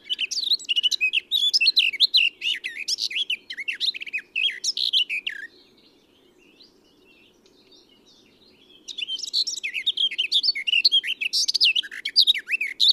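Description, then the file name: Eurasian blackcap song: a long jumbled warble of chattering and fluty notes, a three-second pause, then another warbling phrase, with a faint constant low hum beneath. "Sylvia atricapilla"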